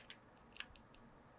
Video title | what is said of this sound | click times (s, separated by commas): PowerA Spectra Enhanced Illuminated Wired Controller Unboxing & Review | make sure it clicks and you give it a pretty decently good yank | 0.6 s